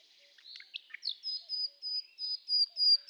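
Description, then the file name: Common Nightingale song: a few varied chirps and twitters, then a sequence of thin, drawn-out high whistles repeated about every half second. "Luscinia megarhynchos"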